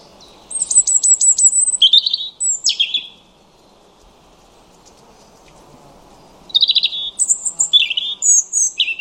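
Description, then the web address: European robin singing a run of rapid high ticking notes into warbled, sliding whistles, then silence for about three seconds before another varied, tinkling phrase. "Deverinetal 2025 File origin Bird Only Er Ru"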